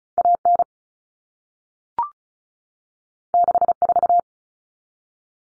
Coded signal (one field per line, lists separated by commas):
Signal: Morse code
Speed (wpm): 34 wpm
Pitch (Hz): 700 Hz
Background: none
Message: AN 64